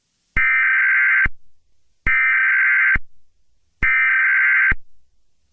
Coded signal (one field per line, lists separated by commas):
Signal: Emergency Alert System (SAME) tones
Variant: header bursts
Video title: EAS Scenario #48: Invasion of Privacy